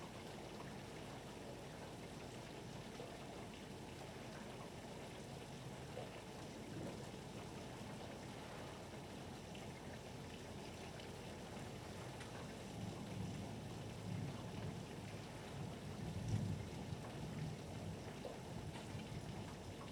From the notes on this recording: Thunder, rain, waves, gulls, hail, and steamship (ferry) traffic.